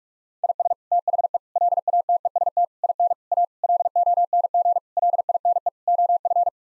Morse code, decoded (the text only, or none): IS THE LATEST IN A LONG LINE OF